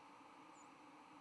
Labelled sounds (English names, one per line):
White-throated Sparrow flight call